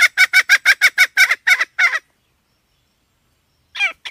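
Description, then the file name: Red junglefowl hen giving a fast run of about ten harsh clucks, roughly three per second, then silence and a short final burst. "tieng ga mai rung"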